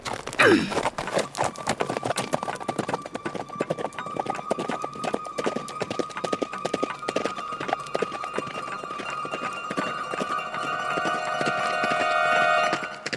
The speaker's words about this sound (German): Ich zuckte mit den Schultern und sie gab ihrem Pferd die Sporen und sprengte die schmale, gefährliche Straße entlang.